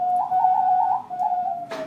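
Loon calling with a held whistled tone broken by rhythmic wavering pulses, then another wavering phrase and a short noisy burst at the end.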